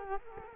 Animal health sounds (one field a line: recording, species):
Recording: mosquito wingbeat signal from an infrared sensor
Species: Culex quinquefasciatus